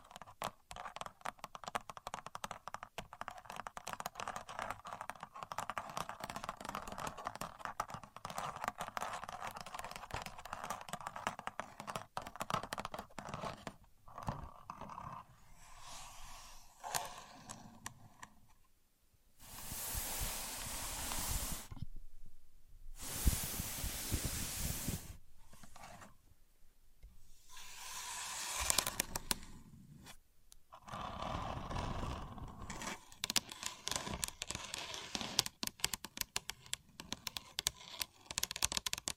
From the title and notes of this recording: A Contour Gauge. No Talking.